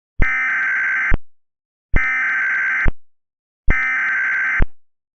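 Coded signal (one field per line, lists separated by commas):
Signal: Emergency Alert System (SAME) tones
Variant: header bursts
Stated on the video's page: EAS mock meme, not a real alert.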